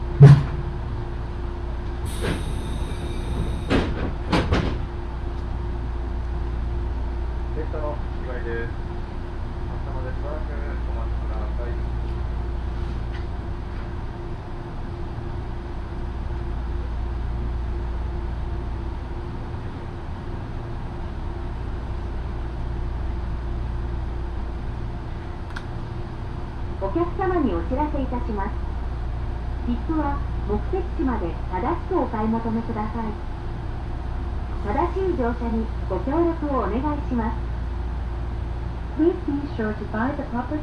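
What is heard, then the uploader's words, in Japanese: A ride aboard a Yoro Railway train, with a steady low rumble running the whole way and a thin, constant whine through the first fifteen seconds. A few sharp knocks and clatters come around the fourth second, and voices speak from about 27 seconds on. 養老鉄道 揖斐→大垣→養老。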